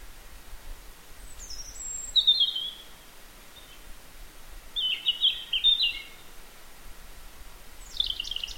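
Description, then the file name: European robin producing short high phrases: a thin descending note, a brief warble, a buzzy trill, and a final rapid stuttered phrase amid faint hiss. "Erithacus rubecula"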